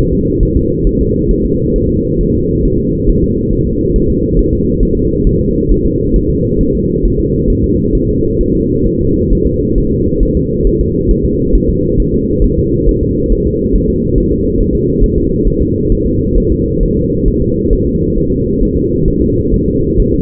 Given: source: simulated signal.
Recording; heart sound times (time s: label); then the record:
fetal heart sounds
0.13 s: S2
0.43 s: S1
0.57 s: S2
0.87 s: S1
1.01 s: S2
1.31 s: S1
1.45 s: S2
1.76 s: S1
1.90 s: S2
2.21 s: S1
2.35 s: S2
2.65 s: S1
2.80 s: S2
3.09 s: S1
3.24 s: S2
3.53 s: S1
3.67 s: S2
3.96 s: S1
4.10 s: S2
4.39 s: S1
4.53 s: S2
4.83 s: S1
4.97 s: S2
5.27 s: S1
5.41 s: S2
5.71 s: S1
5.86 s: S2
6.16 s: S1
6.30 s: S2
6.61 s: S1
6.75 s: S2
7.05 s: S1
7.20 s: S2
7.50 s: S1
7.64 s: S2
7.95 s: S1
8.09 s: S2
8.41 s: S1
8.55 s: S2
8.87 s: S1
9.01 s: S2
9.32 s: S1
9.47 s: S2
9.78 s: S1
9.92 s: S2
10.23 s: S1
10.37 s: S2
10.67 s: S1
10.81 s: S2
11.11 s: S1
11.25 s: S2
11.55 s: S1
11.69 s: S2
12.00 s: S1
12.14 s: S2
12.44 s: S1
12.58 s: S2
12.89 s: S1
13.03 s: S2
13.32 s: S1
13.47 s: S2
13.75 s: S1
13.90 s: S2
14.18 s: S1
14.32 s: S2
14.61 s: S1
14.75 s: S2
15.04 s: S1
15.18 s: S2
15.47 s: S1
15.62 s: S2
15.92 s: S1
16.06 s: S2
16.38 s: S1
16.52 s: S2
16.83 s: S1
16.97 s: S2
17.28 s: S1
17.42 s: S2
17.73 s: S1
17.87 s: S2
18.18 s: S1
18.32 s: S2
18.62 s: S1
18.77 s: S2
19.08 s: S1
19.22 s: S2
19.54 s: S1
19.68 s: S2
20.00 s: S1
20.14 s: S2
From the record:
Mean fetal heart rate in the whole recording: 135 bpm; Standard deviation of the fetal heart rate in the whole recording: 3 bpm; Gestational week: 36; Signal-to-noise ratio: -14.7 dB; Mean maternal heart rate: 72 bpm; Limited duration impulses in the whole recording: present